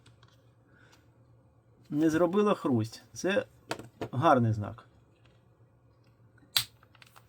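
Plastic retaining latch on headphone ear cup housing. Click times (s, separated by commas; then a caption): 6.6 s. A plastic retaining latch on the ear cup housing of a Bowers & Wilkins PX7-S2e headphone is pried around and snaps free with a sharp click at 6.6 s, without any creaking, releasing the second latch. Someone talks from about 1.9 to 4.8 s, and faint small ticks follow after the click.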